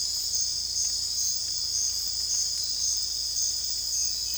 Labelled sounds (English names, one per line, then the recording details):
none
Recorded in dense forest near Puerto Asís, Putumayo, Colombia, on 26 December 2024 at 04:00
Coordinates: 0.485, -76.318
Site GP03